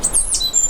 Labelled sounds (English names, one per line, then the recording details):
Stitchbird song
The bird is a male
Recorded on Tiritiri Matangi Island, New Zealand, in 2005
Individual 9, of nest box 11